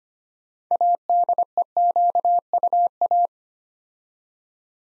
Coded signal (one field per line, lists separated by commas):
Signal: Morse code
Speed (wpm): 25 wpm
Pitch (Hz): 700 Hz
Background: none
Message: ADEQUA